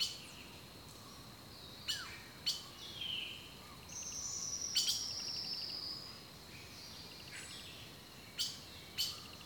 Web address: The Natural Sounds of the Wilderness 10 CDs collection Echoes of Nature - Rainforest Birdsong